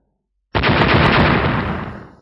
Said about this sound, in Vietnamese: Tiếng nổ vô tận cuồng bạo, sóng xung kích vô tận.